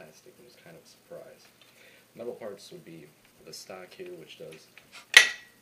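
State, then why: Seated. Someone talks, then the metal folding stock of a JG AK47 tactical airsoft rifle is swung to the side and locks against the receiver with one loud, sharp click at 5.2 s. The stock is locked firmly in place.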